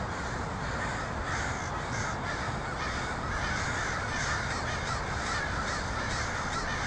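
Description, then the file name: Crows cawing together, a thick wall of rough overlapping calls over steady noise. Portland, 23 October 2018. "pdx crows 2018-10-23"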